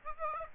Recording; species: mosquito wingbeat signal from an infrared sensor; Aedes aegypti